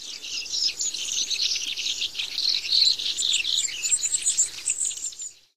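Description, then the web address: Brewer's sparrow singing a long, continuous, high-pitched jumble of rapid buzzy trills and chips that shift in speed for about five seconds. Recorded in North America. "Songs of Birds of North America Stokes. Brewers Sparrow"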